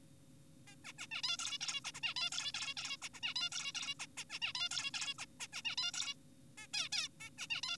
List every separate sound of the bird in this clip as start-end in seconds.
0.68-0.75, 0.85-0.93, 0.98-1.07, 1.12-1.22, 1.24-1.37, 1.39-1.58, 1.61-1.81, 1.85-1.91, 1.94-2.00, 2.03-2.14, 2.16-2.30, 2.32-2.52, 2.54-2.74, 2.77-2.97, 3.02-3.08, 3.14-3.20, 3.23-3.34, 3.36-3.50, 3.52-3.72, 3.75-3.94, 4.00-4.06, 4.18-4.24, 4.30-4.39, 4.42-4.53, 4.55-4.69, 4.71-4.91, 4.94-5.14, 5.19-5.26, 5.40-5.47, 5.53-5.62, 5.65-5.76, 5.78-5.92, 5.94-6.14, 6.58-6.67, 6.74-6.89, 6.92-7.08, 7.20-7.30, 7.38-7.47, 7.50-7.61, 7.63-7.77